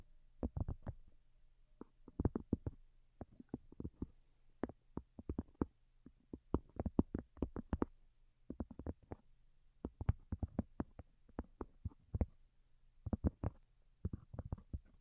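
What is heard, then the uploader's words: Delicate tapping in quick, uneven clusters runs through the whole fifteen seconds, each tap a soft, low thump with a brief brighter tick on top. Short pauses separate the bursts, and a faint low hum sits steadily underneath. Most Delicate and Calming Tapping. (No Talking).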